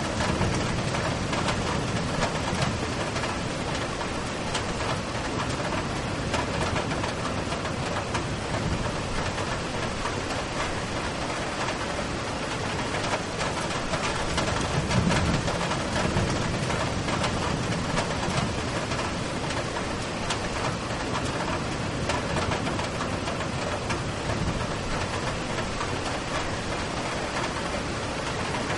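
Steady, dense rain hiss fills the whole recording, even and unbroken from start to finish. A low rumble of distant thunder swells briefly around the middle, near fifteen seconds, then settles back under the constant wash of rain.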